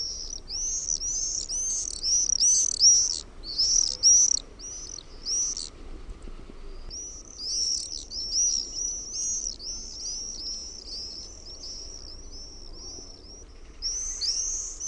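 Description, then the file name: Common Swift screaming calls, shrill high buzzy trills in rapid bursts, with a short pause midway. "TERVAPAASKY"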